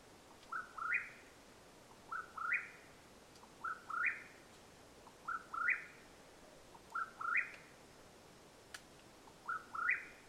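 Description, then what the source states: Mexican whip-poor-will delivering a series of burry, rising three-part whistles, mostly about every one and a half seconds, with faint clicks between. Calling at nightfall in Madera Canyon, Arizona, USA, on 21 April 2022.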